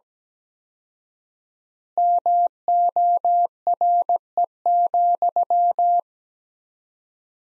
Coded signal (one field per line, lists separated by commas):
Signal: Morse code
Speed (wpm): 17 wpm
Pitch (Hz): 700 Hz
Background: none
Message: MORE,